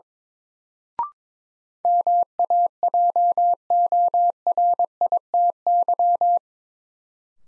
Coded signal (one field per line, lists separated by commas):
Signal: Morse code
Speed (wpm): 22 wpm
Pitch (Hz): 700 Hz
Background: none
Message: MAJORITY